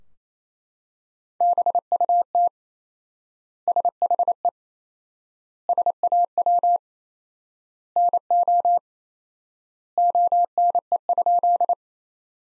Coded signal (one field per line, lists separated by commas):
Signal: Morse code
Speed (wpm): 28 wpm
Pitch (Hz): 700 Hz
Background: none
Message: BUT SHE SAW NO ONE?